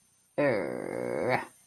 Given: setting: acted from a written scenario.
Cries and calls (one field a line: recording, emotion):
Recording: vocal sound without words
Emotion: anger